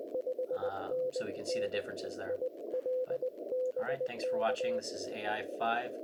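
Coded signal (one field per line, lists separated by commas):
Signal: Morse code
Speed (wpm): 20 wpm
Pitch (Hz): 510 Hz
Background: speech, radio noise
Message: 5NN IL BK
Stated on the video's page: Heard through an Elecraft K4/0 used for remote connection to a transceiver.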